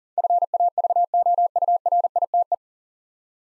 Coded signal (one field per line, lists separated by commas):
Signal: Morse code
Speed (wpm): 38 wpm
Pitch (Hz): 700 Hz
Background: none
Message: FAVOURITE